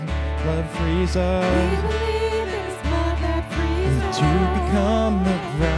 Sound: echo